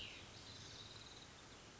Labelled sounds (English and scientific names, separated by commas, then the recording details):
Cassin's Vireo (Vireo cassinii)
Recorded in Sonoma County, California